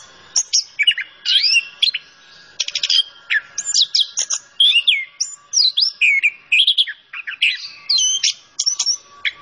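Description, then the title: Orange-headed thrush song of many short varied phrases: rattling bursts, clear whistles and slurred notes, given in quick succession with short pauses between. Training song for songbirds; bird described as gacor, singing energetically. "Anis Kembang Gacor. Masteran Anis Kembang"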